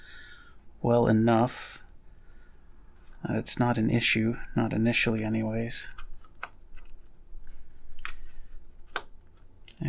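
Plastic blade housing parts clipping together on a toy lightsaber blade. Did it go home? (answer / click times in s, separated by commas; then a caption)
yes / 9.0 s. Someone talks while pushing the plastic blade housing parts of a toy lightsaber blade back together after adding a tilt switch, with several short sharp clicks and taps as the pieces are fitted. The housing clips together and locks into place with a distinct click at 9.0 s.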